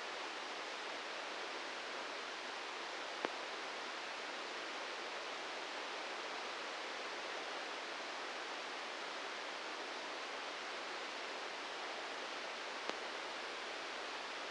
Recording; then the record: brain microelectrode recording played as sound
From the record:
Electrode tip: inside the subthalamic nucleus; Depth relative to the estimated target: 0 mm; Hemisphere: right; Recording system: NeuroSet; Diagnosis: Parkinson's disease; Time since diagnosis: 8 years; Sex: male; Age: 58 years